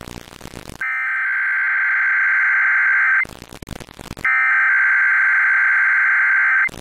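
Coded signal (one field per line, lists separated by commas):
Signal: Emergency Alert System (SAME) tones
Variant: header bursts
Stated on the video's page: Real Required Monthly Test alerts from DC-area broadcast stations and TV providers, including a K-Love FM transmitter; many stations failed.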